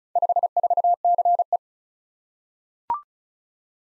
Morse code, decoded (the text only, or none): 54CE